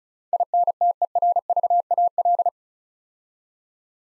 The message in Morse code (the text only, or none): INTERVAL